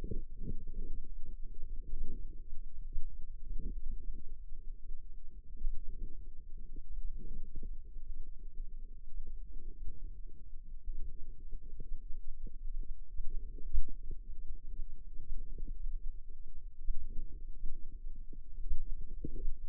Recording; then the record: forearm muscle sounds (acoustic myography)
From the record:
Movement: wrist flexion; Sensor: system 2, bracelet of six BSWA MPA416 microphones around the upper forearm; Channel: 2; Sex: female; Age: 22 years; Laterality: right